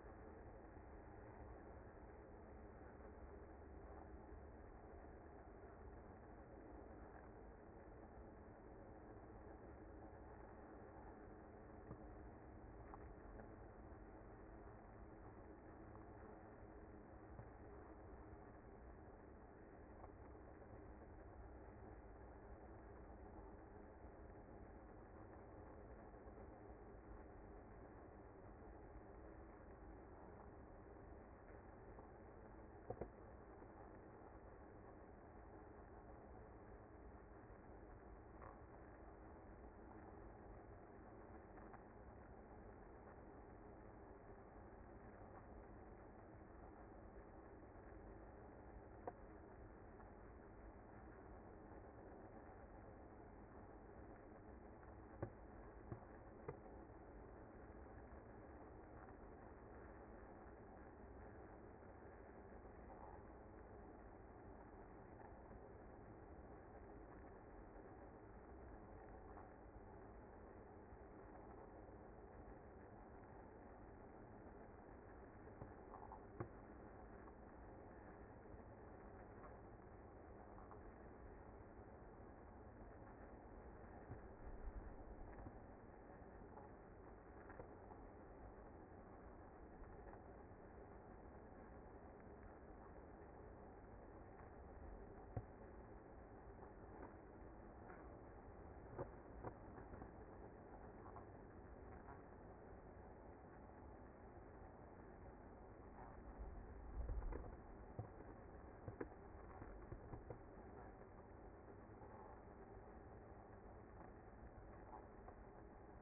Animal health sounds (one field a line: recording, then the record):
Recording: honeybee colony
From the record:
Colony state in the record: active